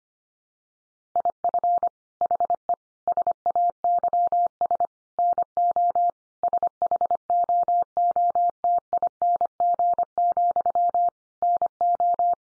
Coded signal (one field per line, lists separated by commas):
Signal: Morse code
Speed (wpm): 25 wpm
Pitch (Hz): 700 Hz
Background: none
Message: IF HE SAYS NO SHOOTING, NO